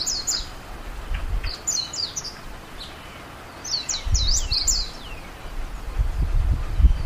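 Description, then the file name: Japanese white-eye giving thin, high, descending chirps in quick clusters, repeated several times, over low rumbling background noise. "Japanese Mejiro"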